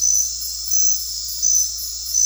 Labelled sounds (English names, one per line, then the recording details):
none
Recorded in dense forest near Puerto Asís, Putumayo, Colombia, on 9 March 2025 at 22:00
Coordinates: 0.503, -76.323
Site GP09